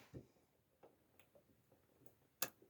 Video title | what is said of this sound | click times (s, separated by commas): Bird Feeder with Camera - Smart Bird Feeder AI Recognize Bird Species | until it clicks and it stays down flush. | 2.4 s